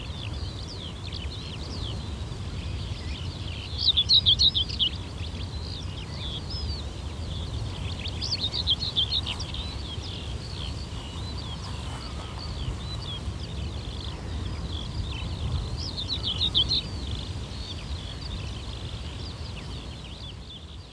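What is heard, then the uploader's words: Dense, steady bird chatter fills the air over a low, constant wash of waves along the shore, with louder calls near four seconds. Waves and bird life: Ambience from a walk along Omø coastline.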